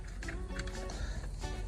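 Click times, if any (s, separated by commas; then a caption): none. A replacement clock spring (part 84306-0E010), a plastic housing with an orange tab, is handled as it is pushed back onto the steering column of a 2008 Toyota Prius to fix a horn that does not work. Brief handling knocks come at about 0.2, 0.3 and 0.6 seconds over a steady tonal background. Nothing has clicked or seated yet.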